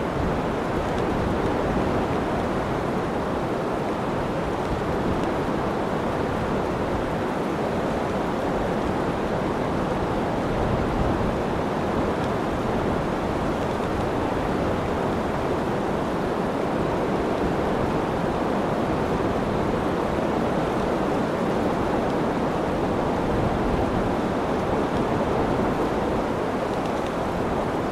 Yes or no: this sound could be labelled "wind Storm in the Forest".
yes